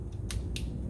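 Two plastic push-in tie-strap clips for the wiring are pressed into their mounting holes in the engine bay of a 2013 SL550 during a race chip install. They snap in quickly one after the other, with sharp bright snaps at 0.3 s and 0.6 s over a steady low rumble. Both clips seat.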